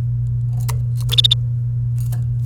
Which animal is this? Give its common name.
Domestic Canary